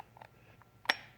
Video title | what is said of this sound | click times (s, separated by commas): 1995 Suzuki Sidekick Starter Motor | it slides snaps right in all the way into all the way into place and | 0.9 s